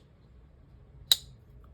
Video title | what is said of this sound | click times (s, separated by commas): Maverick S // Full Review | it just got this satisfying click to it, and it's just really nice. | 1.1 s